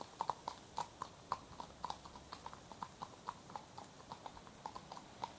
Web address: BBC Horses Walking. two horses pass at walk on tarmac road, left to right, some wind in trees